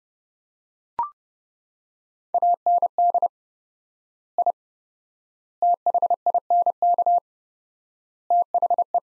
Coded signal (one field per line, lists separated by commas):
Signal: Morse code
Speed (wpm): 30 wpm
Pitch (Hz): 700 Hz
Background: none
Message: AND I THINK THE